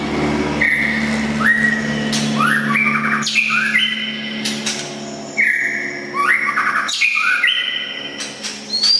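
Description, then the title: Oriental magpie-robin song: varied whistled phrases with stepped and slurred notes, with a steady low hum beneath the first seconds. "kacer"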